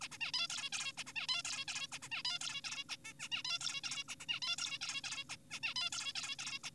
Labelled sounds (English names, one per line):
Zebra Finch